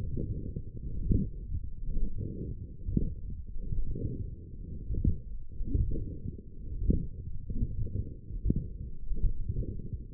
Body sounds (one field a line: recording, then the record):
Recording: forearm muscle sounds (acoustic myography)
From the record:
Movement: forearm pronation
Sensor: system 1, eight BSWA MPA416 microphones around the upper forearm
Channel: 3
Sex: female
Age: 20 years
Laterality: right